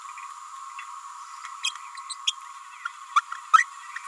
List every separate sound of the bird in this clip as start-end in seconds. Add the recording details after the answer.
1.63-1.72, 2.10-2.15, 2.27-2.33, 2.85-2.88, 3.15-3.21, 3.53-3.65. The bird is a female. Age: 29 days. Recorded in a nest box in Venezuela. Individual 17B31A3